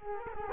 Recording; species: mosquito wingbeat signal from an infrared sensor; Culex quinquefasciatus